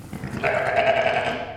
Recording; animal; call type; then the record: contact call of a hoofed animal; sheep; low-frequency (closed-mouth) or high-frequency (open-mouth) call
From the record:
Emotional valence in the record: negative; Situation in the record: short social isolation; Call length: 1.56 s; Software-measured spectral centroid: 1880 Hz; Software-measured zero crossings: 2170 a second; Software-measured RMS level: -23 dBFS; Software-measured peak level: -6 dBFS